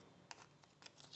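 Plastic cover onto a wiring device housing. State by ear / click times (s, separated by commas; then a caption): not seated / none. A plastic cover is being handled and fitted over a simple wiring device on the wiring of a 1980 Triumph TR7. Soft handling noise is broken by short, sharp plastic clicks and taps, the strongest near 0.3 seconds. The clip ends before the cover snaps into place, so nothing has seated or clicked home yet.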